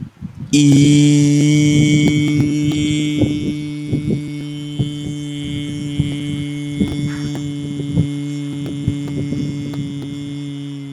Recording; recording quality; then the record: sustained vowel as in beet; excellent, no background noise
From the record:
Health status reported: healthy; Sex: male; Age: 21 years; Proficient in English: yes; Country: India